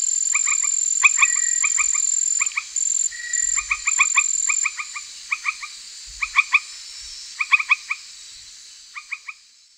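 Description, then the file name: Granular tree frog giving quick bursts of pulsed, clicking notes in irregular series, with a continuous shrill insect tone behind and a few soft thumps. "Hyla granosa"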